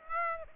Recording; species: mosquito wingbeat signal from an infrared sensor; Aedes aegypti